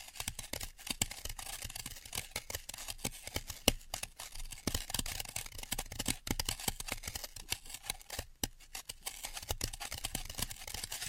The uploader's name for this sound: Dry vs Wet Floral Foam Tapping, Cutting and Crushing